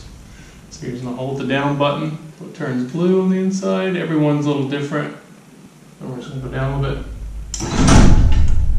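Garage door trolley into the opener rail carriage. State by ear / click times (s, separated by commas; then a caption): seated / 7.5 s. Someone talks while programming the down limit on a garage door opener, and the opener drives the carriage down a little. At 7.5 s the garage door trolley locks into place on the opener's rail carriage with a single sharp clunk, followed by louder broadband noise. The trolley is engaged and locked on the rail.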